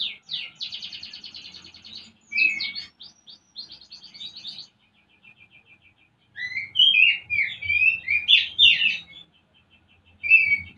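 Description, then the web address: Oriental magpie-robin singing a fast buzzy rattle and chatter, a quiet pause with soft notes, then loud varied whistled phrases; low rumble in the background. Used to stimulate a bird into singing; Indonesian 'pancingan birahi' (mating-arousal lure) and 'masteran' (tutor song) style. "kacer pancingan birahi. masteran kacer"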